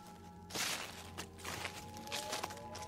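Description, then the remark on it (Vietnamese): Soft footsteps of a young girl walking along a dirt path toward a riverside sandbank at night patter in a loose, uneven rhythm, several light steps rising and fading over a steady low hum, with no voices. “Đúng lúc này thì có tiếng bước chân nhẹ nhàng vang lên.”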